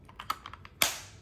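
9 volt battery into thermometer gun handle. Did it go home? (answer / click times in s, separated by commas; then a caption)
yes / 0.8 s. A 9 volt battery that came with an FKM 2022 plastic infrared thermometer gun with a circular laser is pushed into the gun's handle compartment. A few light clicks and taps come at about 0.2, 0.3, 0.5 and 0.5 seconds, then a loud, sharp snap at 0.8 seconds, with a bright ringing tail that fades out. The battery pops in and seats at 0.8 seconds.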